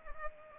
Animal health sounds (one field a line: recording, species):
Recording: mosquito wingbeat signal from an infrared sensor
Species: Culex pipiens